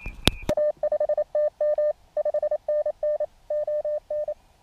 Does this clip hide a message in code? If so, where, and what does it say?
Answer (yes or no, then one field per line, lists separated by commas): yes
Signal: Morse code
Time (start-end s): 0.5-4.3 s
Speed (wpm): 28 wpm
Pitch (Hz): 600 Hz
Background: none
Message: A5TM 5NN ON